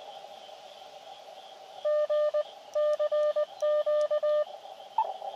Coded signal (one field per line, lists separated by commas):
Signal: Morse code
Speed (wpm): 20 wpm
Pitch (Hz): 600 Hz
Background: radio noise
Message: GCQ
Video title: Ham vLog #20 Elecraft AX1 Antenna discussion | Best Travel Antenna | Solar QRP?